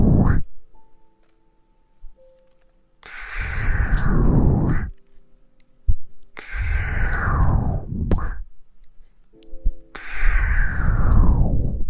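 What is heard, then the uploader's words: Slow breaths blown into the ear come in three long, airy gusts about two seconds each, starting near 3, 6.5 and 10 seconds, heavy and rumbling in the lows. Between them are short quiet gaps with faint hums, soft clicks and a brief puff at the start. Blowing in the ear, kissing in the ear.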